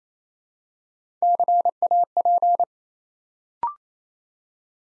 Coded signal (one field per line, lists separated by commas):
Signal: Morse code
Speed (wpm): 29 wpm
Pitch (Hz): 700 Hz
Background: none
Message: CAP